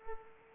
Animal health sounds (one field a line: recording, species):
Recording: mosquito wingbeat signal from an infrared sensor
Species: Culex pipiens